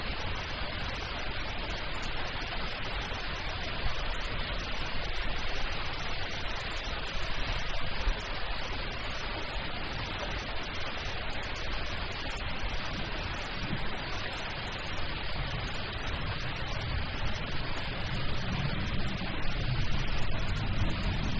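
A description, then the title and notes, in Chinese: A thunderstorm's heavy rain pours down in a dense, unbroken hiss that stays level for the whole stretch, with no clear gaps or individual drops standing out. A soft low rumble swells slightly beneath the downpour near the end. 自然·白噪音 - 雷之暴。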